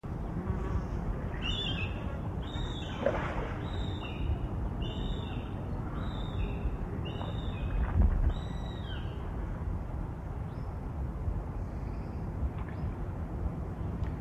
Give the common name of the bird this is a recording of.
Common Buzzard